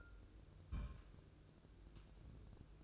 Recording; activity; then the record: daily activity, microphone in the room; place on stove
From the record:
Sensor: 2